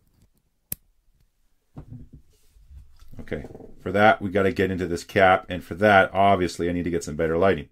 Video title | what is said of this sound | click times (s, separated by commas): Which Fountain Pen Is the Best Engineered? (Lamy 2000 Part 1) | now you're there so how does it make that awesome click sound let's get it on the mic | 0.7 s